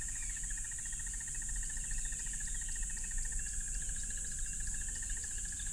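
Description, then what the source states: Crickets keep up a continuous high-pitched drone while a lower rapid pulsed trill runs the whole time, over a steady low rushing background. Loud crickets calling beside a tropical river.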